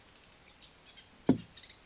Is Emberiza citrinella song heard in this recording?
no